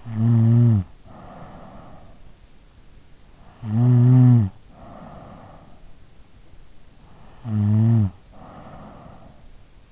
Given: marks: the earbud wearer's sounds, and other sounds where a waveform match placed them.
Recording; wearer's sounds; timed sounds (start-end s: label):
sounds in sleep by an in-ear microphone; snoring breath
0.00-2.00 s: snoring breath
3.57-5.60 s: snoring breath
7.23-9.29 s: snoring breath